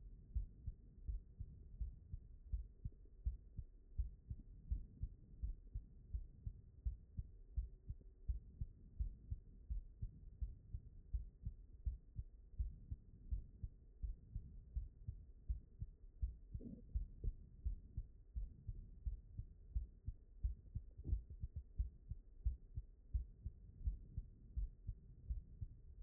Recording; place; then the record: heart sounds by stethoscope; mitral valve (MV)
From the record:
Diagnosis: non-HFrEF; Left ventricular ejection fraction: 65%